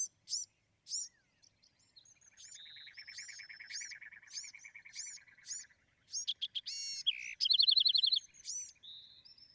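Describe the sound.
Bewick's wren singing, with sharp high chips followed by a long low buzzy trill, then a fast complex phrase of trills and buzzes near the end.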